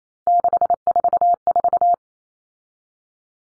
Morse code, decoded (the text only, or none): 644